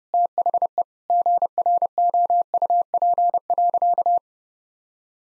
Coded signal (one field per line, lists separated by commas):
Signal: Morse code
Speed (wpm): 30 wpm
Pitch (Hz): 700 Hz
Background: none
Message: THE GROUP.